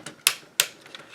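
The hip ratchet joint of a plastic ToyWorld Throttlebot combiner transforming robot figure is swung out to the side, with two sharp, bright ratchet clicks at 0.3 s and 0.6 s and a few faint ticks around them. The joint clicks into position and holds fairly well.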